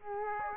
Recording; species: mosquito wingbeat signal from an infrared sensor; Aedes aegypti